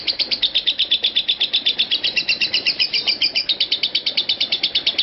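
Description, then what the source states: Lovebird song of clipped, shrill chirps repeated rapidly in a long, steady series. Konslet song style.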